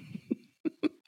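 Three short, sharp bursts within about one second, the last two close together, in a quiet indoor room. Each is an abrupt burst of breath noise: a brief run of dry coughs from an adult with a cough lingering after a cold.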